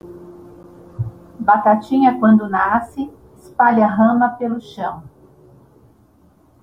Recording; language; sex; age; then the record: short text; Brazilian Portuguese; female; 60 to 69 years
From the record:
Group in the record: control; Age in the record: 61 years